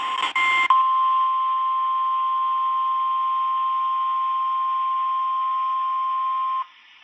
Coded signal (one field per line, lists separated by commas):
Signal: Emergency Alert System (SAME) tones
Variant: 1050 Hz attention tone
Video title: (EAS "#940-948") North Carolina Tornado Drill on NWR (KJY85 + WNG588) + FM Radio - 3/4/2026